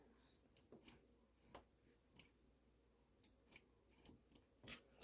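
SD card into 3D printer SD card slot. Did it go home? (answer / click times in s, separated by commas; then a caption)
yes / 1.6 s, 4.1 s. An SD card is pushed into the SD card slot on a 3D printer (Ender 3) until it latches, with a series of sharp, clicky hits. The loudest clicks at 1.6 s and 4.1 s mark the card seating in the slot.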